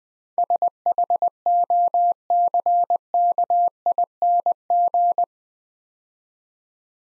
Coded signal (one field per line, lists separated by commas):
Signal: Morse code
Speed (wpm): 20 wpm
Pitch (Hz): 700 Hz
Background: none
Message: SHOCKING